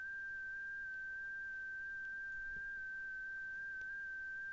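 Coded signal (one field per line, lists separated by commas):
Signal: FT8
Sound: a single steady whistle-like tone around 1.5 kHz with faint slight pitch shifts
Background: radio static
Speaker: let's see what happens on the next go-around it'll keep transmitting the report until he hears me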